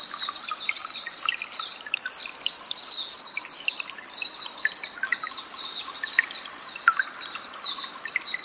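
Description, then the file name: White-eye chattering: a dense, near-continuous stream of high, thin chirps tumbling rapidly over each other, with fainter lower twitters scattered beneath. "mata puteh"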